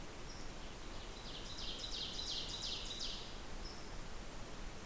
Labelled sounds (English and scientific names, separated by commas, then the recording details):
Ovenbird (Seiurus aurocapilla) song
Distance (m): 75 m
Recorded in boreal forest in Alberta, Canada, on 16 June 2016 at 08:17
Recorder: SongMeter 3, array SBT-3-32
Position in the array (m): 139 m, 103 m
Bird 37